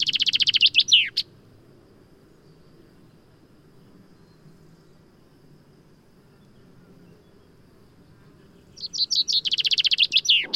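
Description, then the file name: Common chaffinch song: a bright descending trill of repeated notes ending in a quick flourish, heard at the start and again near the end, over a low steady rumble. "Fringilla coelebs"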